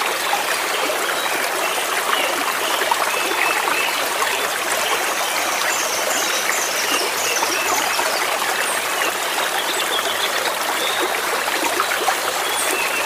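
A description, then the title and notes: A stream runs steadily, a dense, bright rush of trickling water with faint higher chirps now and then above it. Stream & Bird Sounds.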